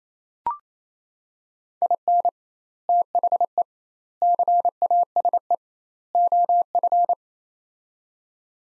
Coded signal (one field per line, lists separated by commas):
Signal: Morse code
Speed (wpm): 28 wpm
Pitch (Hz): 700 Hz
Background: none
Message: IN THE CASE OF